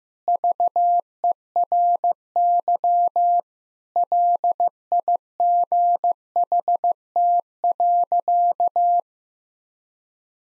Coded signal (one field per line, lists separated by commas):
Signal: Morse code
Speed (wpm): 15 wpm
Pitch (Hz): 700 Hz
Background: none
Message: VERY LIGHT.